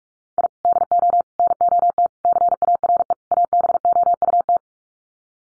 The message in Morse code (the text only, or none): I DO NOT CARE ABOUT